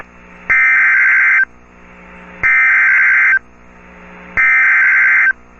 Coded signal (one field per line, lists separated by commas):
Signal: Emergency Alert System (SAME) tones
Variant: header bursts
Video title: NOAA Weather Radio · KEC61 Mobile, Alabama · EAS #12 · Severe Thunderstorm Warning · 12/28/24